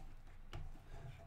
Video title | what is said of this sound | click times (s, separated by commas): Prusa Mini vs Old Prusa Mini - Unboxing and Build | and then finally this piece just clips in right up here | 0.5 s